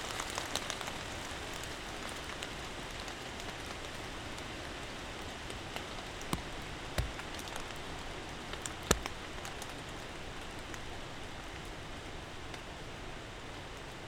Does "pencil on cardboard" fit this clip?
no